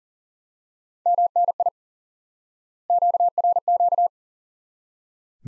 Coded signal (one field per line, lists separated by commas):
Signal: Morse code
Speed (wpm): 39 wpm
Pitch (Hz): 700 Hz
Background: none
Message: MNI QRQ